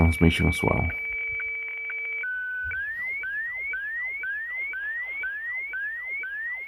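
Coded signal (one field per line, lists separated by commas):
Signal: weather fax (radiofax)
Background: speech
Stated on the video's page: Live HF weather fax transmission from Northwood in the United Kingdom, received on an HF radio.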